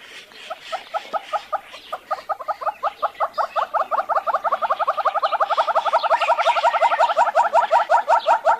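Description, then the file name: Monteiro's hornbill calling with a long, even series of hollow clucking notes that grows louder and slightly faster. "Canto do calaus de monteiros"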